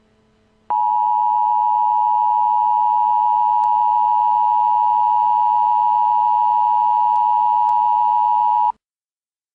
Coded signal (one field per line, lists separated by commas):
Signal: Emergency Alert System (SAME) tones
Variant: 853 and 960 Hz attention tone